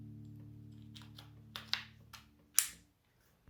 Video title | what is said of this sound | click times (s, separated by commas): Fluence SPYDR 2P Full Review Nov 2020 | nice satisfying click there | 2.6 s